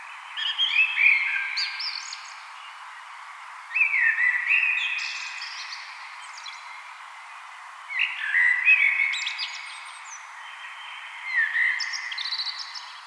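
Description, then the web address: Common blackbird song: four varied fluted phrases at roughly four-second intervals, each with a mellow opening and a high scratchy ending. "vogelstimmen amsel gesang nabu lars lachmann"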